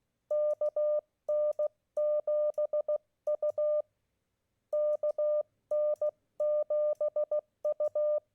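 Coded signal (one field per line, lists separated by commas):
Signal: Morse code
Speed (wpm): 16 wpm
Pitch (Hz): 600 Hz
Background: none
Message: KN7U KN7U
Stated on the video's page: Morse contacts made during a Parks on the Air park activation.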